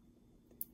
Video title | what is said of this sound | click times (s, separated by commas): Walking Skeleton Automata | the end through there only till it clicks one time if | 0.6 s